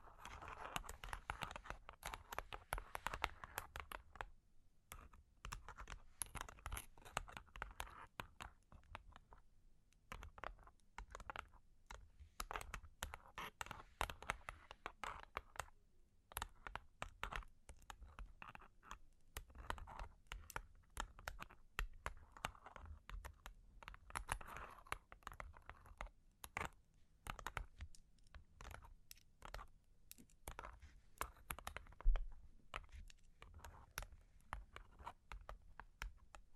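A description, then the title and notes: Long claws tap and scratch in dense, quick, irregular clicks that come in bursts with short pauses, clattering much like typing on a keyboard. Long Claws Tapping and Scratching (No Talking).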